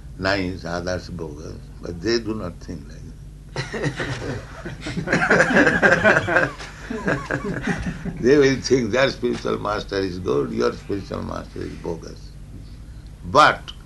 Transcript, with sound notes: nice, others bogus---but they do not think like that. [laughter] They will think their spiritual master is good, your spiritual master is bogus. But...